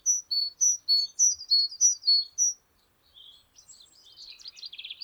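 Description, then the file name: Great tit's ringing alternating high and low notes repeated quickly, then a brief gap and a buzzy chatter. "Parus major"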